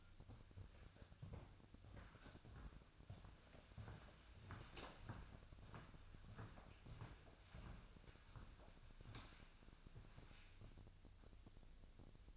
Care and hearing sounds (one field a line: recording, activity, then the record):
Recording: daily activity, microphone in the room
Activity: walk to room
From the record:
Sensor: 2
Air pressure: 999.8 hPa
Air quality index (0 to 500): 122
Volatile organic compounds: 2 ppm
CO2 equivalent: 1053 ppm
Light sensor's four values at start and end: 31/73/33/37 and 30/72/32/36